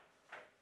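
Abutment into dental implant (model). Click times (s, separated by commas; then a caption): 0.3 s. On a dental demonstration model, a mechanical abutment (the black anchor with its thread) is fitted into a dental implant. A single short, sharp click is heard at 0.3 s as it locks against a stop, confirming the abutment is seated in the implant.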